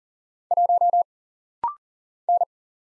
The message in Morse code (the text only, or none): 1 N